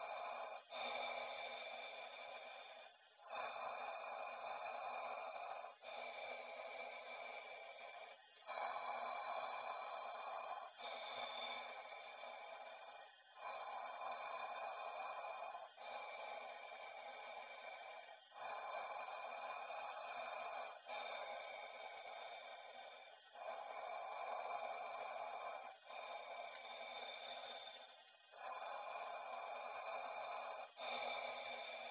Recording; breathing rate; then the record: paced breathing near a phone; 12 breaths a minute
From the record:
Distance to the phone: 20 cm